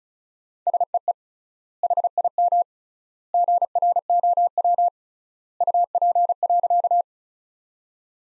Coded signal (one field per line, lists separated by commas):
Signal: Morse code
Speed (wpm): 34 wpm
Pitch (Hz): 700 Hz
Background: none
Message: SEE HIM GROW UP.